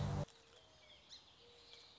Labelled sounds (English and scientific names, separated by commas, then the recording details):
Song Sparrow (Melospiza melodia)
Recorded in Sonoma County, California